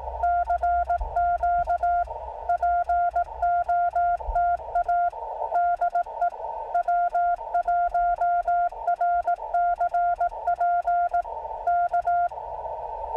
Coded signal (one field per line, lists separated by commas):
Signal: Morse code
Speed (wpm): 17 wpm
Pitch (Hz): 690 Hz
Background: none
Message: CQ POTA DE W1RCP K